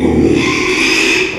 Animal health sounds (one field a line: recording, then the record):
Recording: squeal of a Yucatan mini pig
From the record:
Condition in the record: after surgery on the right vocal fold (resection and tissue-engineered implant)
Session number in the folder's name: 1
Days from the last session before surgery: 6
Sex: male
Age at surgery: 12 weeks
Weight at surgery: 13 kg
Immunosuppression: cyclosporine, prednisolone